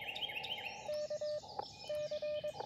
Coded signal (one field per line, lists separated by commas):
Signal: Morse code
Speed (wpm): 22 wpm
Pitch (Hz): 600 Hz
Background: none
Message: K C